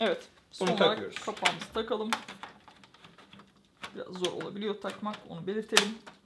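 The plastic front cover of a PC case, which can be hard to fit, is being refitted after its dust filter has been cleaned, while someone talks. A quick series of small plastic taps and knocks comes between about 2.7 and 3.7 s during a pause in the talking. The cover has not seated or clicked into place yet.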